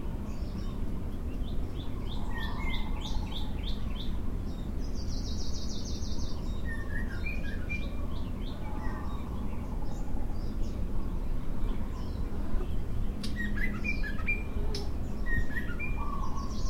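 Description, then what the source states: Birds singing and chirping, a dense chorus of short sweet notes and brief trills repeating throughout, over a steady low rumble. Recorded in the morning.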